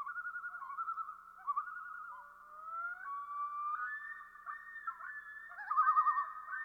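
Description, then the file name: Common loon tremolo calls, rapid quavering laughs with wavering notes and a long overlapping wail, several loons calling together. "solitudes common loon"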